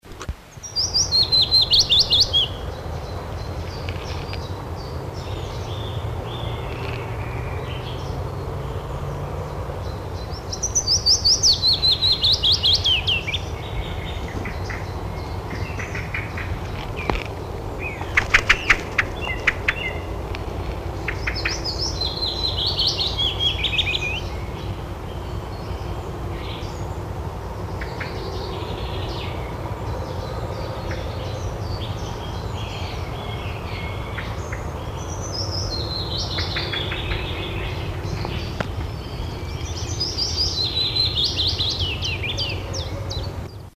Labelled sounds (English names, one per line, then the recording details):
Willow Warbler song
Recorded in the wild
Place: Caldern, DE
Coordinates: 50.8453, 8.67167
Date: 1964-04-16
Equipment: Uher Report 4000, AKG D190
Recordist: Krey, Winfried
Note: Gesang